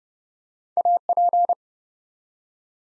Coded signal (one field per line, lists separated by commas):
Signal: Morse code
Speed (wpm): 28 wpm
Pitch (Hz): 700 Hz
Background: none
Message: AP